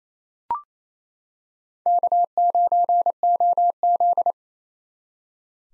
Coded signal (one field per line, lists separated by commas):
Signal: Morse code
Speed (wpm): 28 wpm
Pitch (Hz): 700 Hz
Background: none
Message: K9OZ